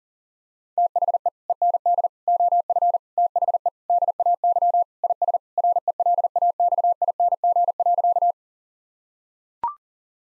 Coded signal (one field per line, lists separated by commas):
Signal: Morse code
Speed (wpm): 37 wpm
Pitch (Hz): 700 Hz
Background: none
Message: THE END OF THE DAY IS RELAXING.